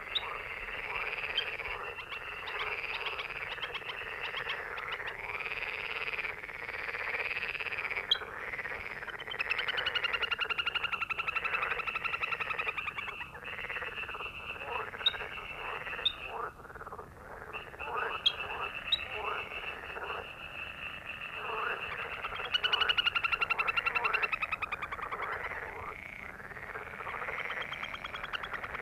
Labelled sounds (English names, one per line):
Little Grebe call